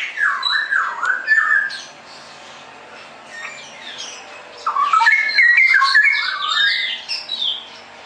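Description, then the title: Straw-headed bulbul song: two loud bubbling whistled phrases, the first wavering and the second faster with jumping notes, separated by a quiet pause. Masteran (song-tutoring) recording for caged birds; the singer is described as ropel gacor, in clear quality. "mster Mnuk. Masteran Burung CUCAK ROWO Kualitas Jernih. Cucak Rowo Ropel Gacor"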